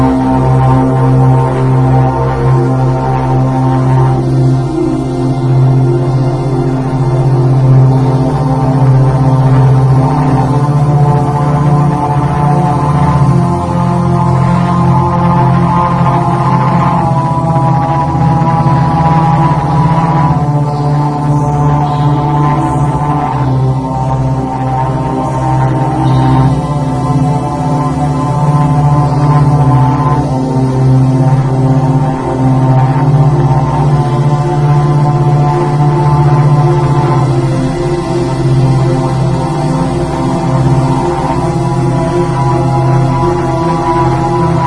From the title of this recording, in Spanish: Audio Binarual